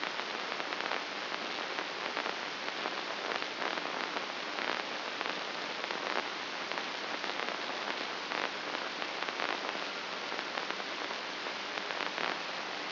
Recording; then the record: brain microelectrode recording played as sound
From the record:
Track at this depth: outside the subthalamic nucleus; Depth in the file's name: 7.228 mm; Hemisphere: left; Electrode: 2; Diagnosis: Parkinson's disease